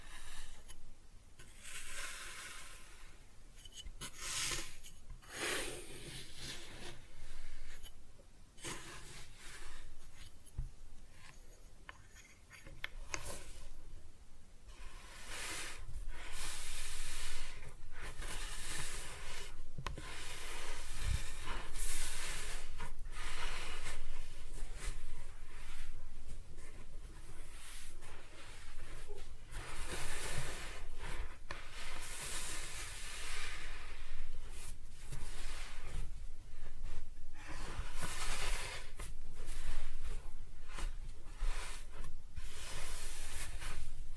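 Kinetic sand being cut and scooped, a soft grainy hiss with frequent bright crunchy bursts. The strokes come irregularly, a few per second, quieter and sparser in the first fifteen seconds, then denser and louder through the rest.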